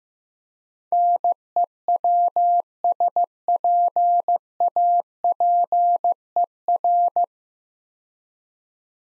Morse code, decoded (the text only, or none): NEWSPAPER